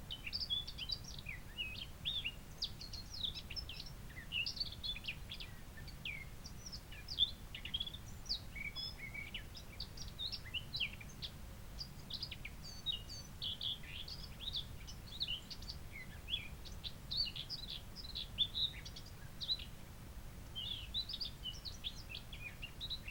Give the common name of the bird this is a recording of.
Eurasian Blackcap